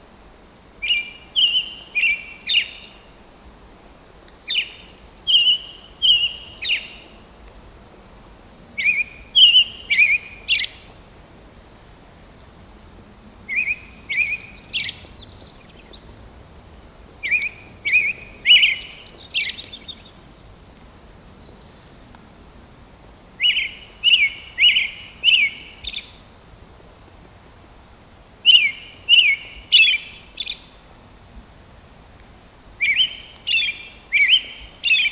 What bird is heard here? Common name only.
American Robin